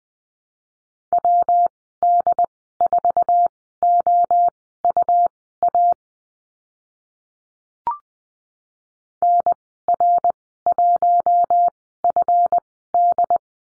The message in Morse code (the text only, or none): WD4OUA NR1FD